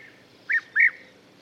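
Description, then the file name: European bee-eater giving two short liquid notes in quick succession against a faint background hiss. "Gruccione"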